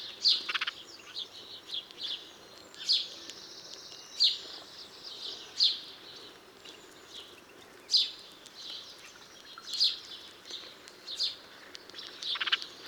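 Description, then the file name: House sparrow chirps, several short sharp notes spread irregularly throughout, over a steady hiss. "Passer domesticus"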